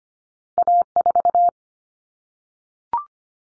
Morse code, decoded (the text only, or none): A4